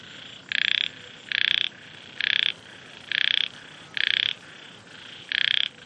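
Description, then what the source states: Frog calls in steady bursts of rapid, buzzy pulses, six croaks spaced roughly a second apart over a constant background hiss. Frogs with wind, Vietnam; mono.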